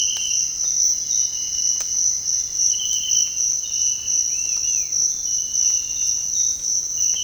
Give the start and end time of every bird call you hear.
[4.29, 4.88] Yellow-crowned Tyrannulet (Tyrannulus elatus)

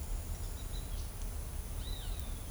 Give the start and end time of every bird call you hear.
[0.39, 0.94] White-whiskered Spinetail (Synallaxis candei)
[1.81, 2.30] Roadside Hawk (Rupornis magnirostris)

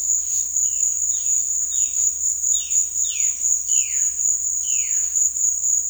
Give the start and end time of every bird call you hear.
[1.02, 5.11] Violaceous Jay (Cyanocorax violaceus)

